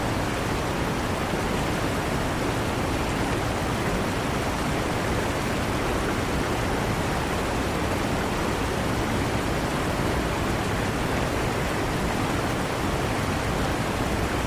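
A huge waterfall pours in a dense, unbroken roar that holds perfectly steady for the whole stretch. The rush is full and weighted toward deep rumble, with a softer hiss above, and no separate splashes or other sounds stand out.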